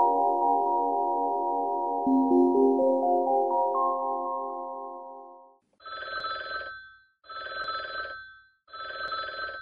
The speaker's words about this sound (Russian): Риф проснулся. Звенел телефон.